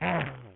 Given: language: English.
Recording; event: throat vibration sensor signal played as sound; throat clearing